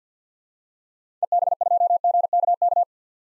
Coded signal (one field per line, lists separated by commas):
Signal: Morse code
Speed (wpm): 47 wpm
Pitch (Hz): 700 Hz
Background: none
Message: EB2GKK